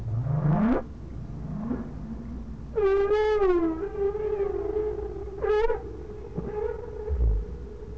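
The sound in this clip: Whale calls: an upward glide, a fainter second rise, then sustained harmonic tones punctuated by short, louder pulses, with a low thump near the end.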